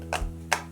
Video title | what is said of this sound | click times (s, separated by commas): New Huda Beauty l Tutorial & First Impressions | clicks back into place, | 0.5 s